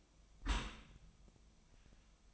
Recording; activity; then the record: daily activity, microphone in the room; close dishwasher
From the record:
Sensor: 1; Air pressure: 1004.7 hPa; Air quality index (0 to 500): 116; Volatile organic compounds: 4 ppm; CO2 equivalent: 1610 ppm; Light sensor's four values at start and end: 9/22/8/9 and 9/22/8/9